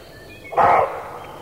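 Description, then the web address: Roe deer bark: a single harsh, rough bark of about a third of a second, standing out clearly from quiet background hiss. Male roe deer (roebuck). "toulky srnec"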